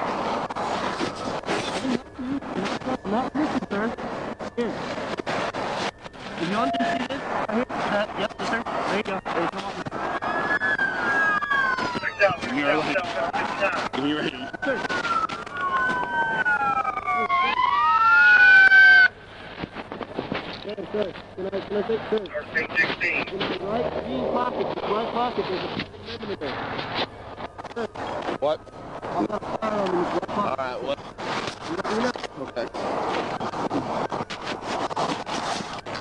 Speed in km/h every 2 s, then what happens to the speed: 0, 0, 0, 0, 0, 0, 0, 0, 0, 0, 0, 0, 0, 0, 0, 0, 0, 0.
0-36 standing.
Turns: none.